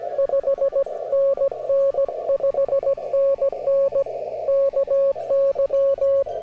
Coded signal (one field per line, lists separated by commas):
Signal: Morse code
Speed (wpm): 17 wpm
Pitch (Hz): 560 Hz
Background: radio noise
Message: 5NN 5NN KY